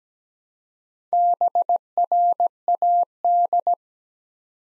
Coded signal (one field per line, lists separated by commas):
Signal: Morse code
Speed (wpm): 17 wpm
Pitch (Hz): 700 Hz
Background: none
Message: BRAD